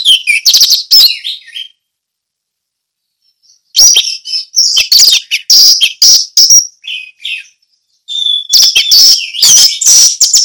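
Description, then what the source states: Orange-headed thrush singing long, loud phrases of rapid squeaky and scratchy notes with slurred whistles, separated by pauses of a second or two. Song in the ngeplong style.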